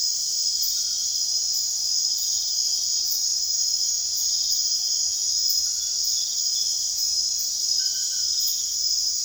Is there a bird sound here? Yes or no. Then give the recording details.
no. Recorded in secondary vegetation near Puerto Asís, Putumayo, Colombia, on 22 June 2025 at 22:00. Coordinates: 0.498, -76.327. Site GP09